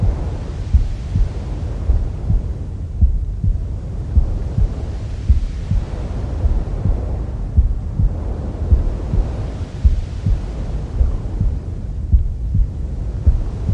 Womb Sounds with Mother's Heartbeat.